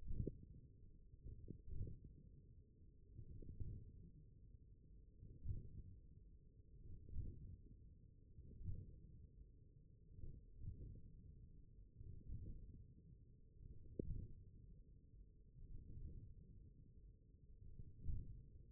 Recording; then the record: forearm muscle sounds (acoustic myography)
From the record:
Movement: wrist extension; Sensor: system 1, eight BSWA MPA416 microphones around the upper forearm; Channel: 4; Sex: male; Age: 42 years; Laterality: right